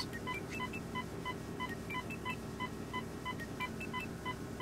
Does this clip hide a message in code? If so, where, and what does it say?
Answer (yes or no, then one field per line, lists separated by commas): no